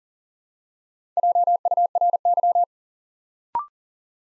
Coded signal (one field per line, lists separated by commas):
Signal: Morse code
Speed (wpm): 38 wpm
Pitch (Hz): 700 Hz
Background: none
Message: JURY